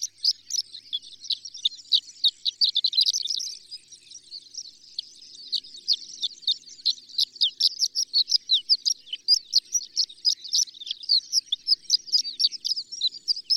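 Horned lark singing a high, run-on tinkling jumble of thin chips and twittering trills that flows on almost unbroken, with a brief softer stretch partway through.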